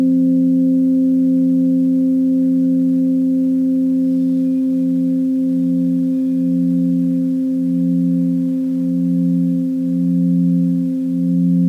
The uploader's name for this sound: Tibetan Singing Bowls